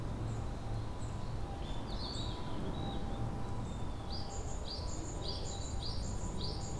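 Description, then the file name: Japanese tit giving a rapid series of high, paired notes in the second half, after scattered chirps earlier, over a constant low background rumble. Recorded on 2 May 2015. "kotori shijukara 150502"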